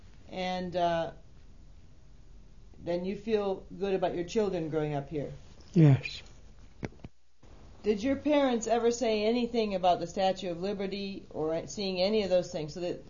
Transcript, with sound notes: And you feel good about your children growing up here.
Yes. ( there is a disturbance with the microphone )
Did your parents ever say anything about the Statue of Liberty or seeing any of those things?